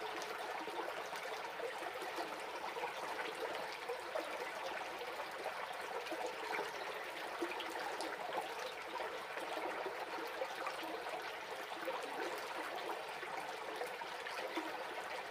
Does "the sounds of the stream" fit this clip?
yes